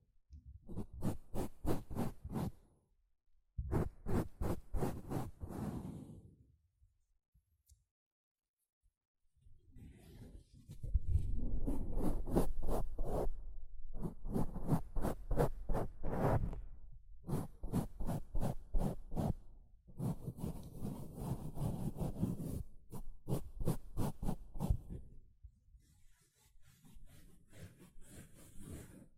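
A sponge is scrubbed and scratched in quick, regular back-and-forth strokes, each stroke a sharp rasping burst. Two short bursts open the clip, then a near-silent pause until about ten seconds, after which dense, steady scrubbing runs almost continuously to the end.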